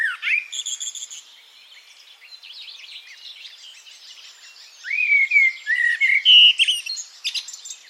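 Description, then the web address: Birdsong, dense high chirps and twitters with clear whistled slurs rising and falling near the end, loudest in the later part. "cianscape birddata Deverinetal 2025 Bird Only"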